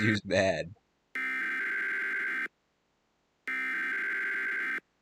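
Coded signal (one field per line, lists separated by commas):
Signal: Emergency Alert System (SAME) tones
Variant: header bursts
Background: speech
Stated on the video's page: Fictional EAS scenario tones.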